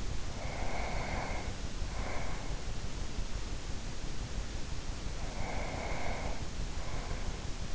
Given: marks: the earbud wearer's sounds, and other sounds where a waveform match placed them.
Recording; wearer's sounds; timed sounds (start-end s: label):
sounds in sleep by an in-ear microphone; breath
0.38-2.94 s: breath
5.22-7.75 s: breath